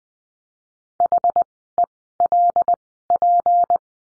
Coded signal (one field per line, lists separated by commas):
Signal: Morse code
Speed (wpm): 20 wpm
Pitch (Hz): 700 Hz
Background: none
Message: HELP